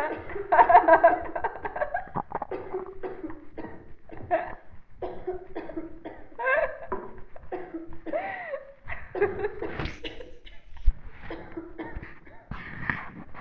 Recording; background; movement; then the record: laughter; a bystander coughing; sitting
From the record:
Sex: female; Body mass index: 18.3 kg/m2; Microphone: on the chest, facing the body